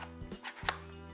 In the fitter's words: I think it's got a magnet it just kind of snaps into place that's really cool so you just line